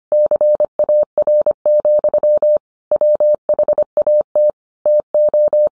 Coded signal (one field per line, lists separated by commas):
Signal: Morse code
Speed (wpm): 25 wpm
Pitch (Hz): 600 Hz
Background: none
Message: CAR, WHAT TO